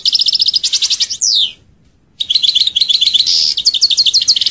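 European goldfinch song: busy, rippling twitters and trills, a short pause, then more rapid tinkling phrases with a buzzy note.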